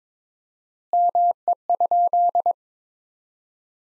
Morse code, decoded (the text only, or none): ME?